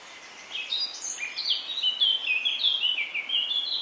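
Eurasian Blackcap giving a rich, hurried warble of high, varied notes, flowing without a break from shortly after the start to the end over a light background hiss.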